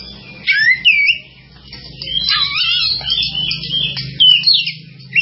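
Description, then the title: Java sparrow song, looping whistled and chirping notes with a few slurred downward sweeps, steady low hum in the background. "kicau gelatik"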